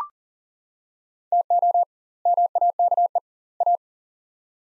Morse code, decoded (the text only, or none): TO MAKE A